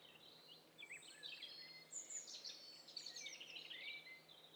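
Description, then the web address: Birds chattering together in a busy mix of thin high chirps, short rising whistles and rapid twittering notes, overlapping throughout, over a low steady hum. Many birds calling at once, in stereo. "Hi Fi STEREO BIRD COCKTAIL PARTY Challenge"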